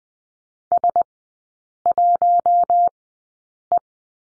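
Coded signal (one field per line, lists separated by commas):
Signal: Morse code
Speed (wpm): 20 wpm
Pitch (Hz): 700 Hz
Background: none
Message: S1E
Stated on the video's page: Morse course lesson on the letter H in three-character groups at Farnsworth speed 20/10 wpm.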